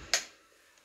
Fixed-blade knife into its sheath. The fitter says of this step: and and you can hear it click in